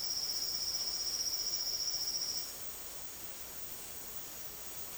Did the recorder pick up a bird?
yes